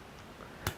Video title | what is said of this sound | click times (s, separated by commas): 로봇스쿨(RQ110단계) "리벳툴(공구), 컨트롤러(메인보드), 리모컨 사용법"을 알아봐요! / 사람형태의 휴머노이드 로봇을 직접 만들어보기 위한 시작! | 이렇게 리벳을 낀 다음에 프레임의 닦여요 딸깍 | 0.7 s